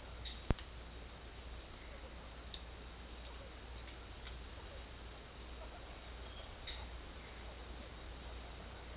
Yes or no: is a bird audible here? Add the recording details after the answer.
no. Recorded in secondary vegetation near Puerto Asís, Putumayo, Colombia, on 4 March 2025 at 18:00. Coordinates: 0.499, -76.323. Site G094